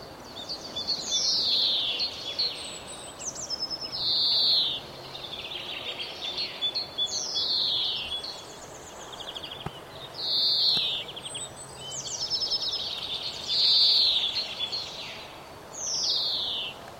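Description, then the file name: European greenfinch giving high, buzzy calls that slide downward, alternating with short wheezy notes, the pattern repeating every few seconds over a steady background hiss. "Chloris chloris"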